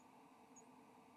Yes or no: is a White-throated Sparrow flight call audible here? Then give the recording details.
no. Another species' flight call is heard. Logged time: 05:20 on 7 November 2014